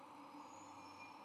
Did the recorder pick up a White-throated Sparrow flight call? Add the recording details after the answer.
no. No flight call is heard. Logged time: 08:54 on 4 November 2014